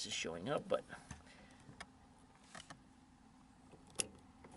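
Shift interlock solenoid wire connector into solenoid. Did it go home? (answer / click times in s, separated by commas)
yes / 4.0 s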